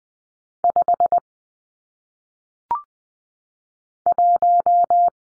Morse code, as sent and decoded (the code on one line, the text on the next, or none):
..... / .----
5 1